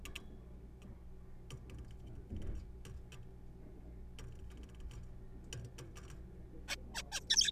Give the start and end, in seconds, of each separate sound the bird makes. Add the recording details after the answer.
6.68-6.76, 6.94-7.02, 7.12-7.20, 7.30-7.51. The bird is a juvenile. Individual R3428